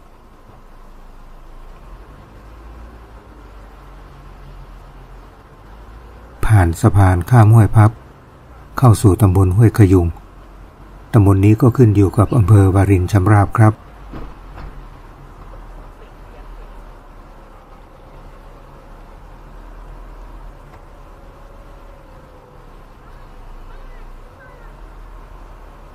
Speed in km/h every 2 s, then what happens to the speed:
73, 73, 72, 72, 72, 68, 67, 66, 66, 66, 66, 66, 66.
0-8 steady at about 72. 8-13 slows to 66. 13-26 steady at about 66.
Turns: none.